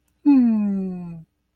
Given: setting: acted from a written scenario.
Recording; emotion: vocal sound without words; adoration